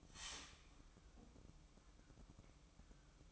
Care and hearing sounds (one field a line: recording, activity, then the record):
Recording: daily activity, microphone in the room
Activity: start toaster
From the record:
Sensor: 1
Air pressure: 1007.3 hPa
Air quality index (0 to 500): 79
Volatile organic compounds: 1 ppm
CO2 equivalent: 679 ppm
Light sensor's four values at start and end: 7/17/7/8 and 7/17/7/8